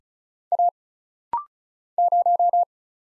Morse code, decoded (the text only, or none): A 0